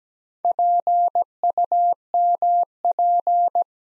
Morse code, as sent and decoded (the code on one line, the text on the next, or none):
.--. ..- -- .--.
PUMP